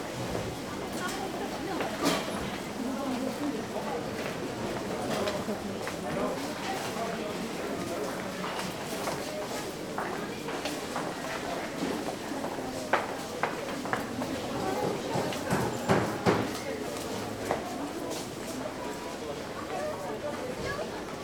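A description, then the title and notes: A marketplace hums with many overlapping voices, a dense, steady chatter that never drops out. Sharp clacks and knocks break through now and then, clustering more thickly in the second half, especially around thirteen to seventeen seconds. The Marketplace.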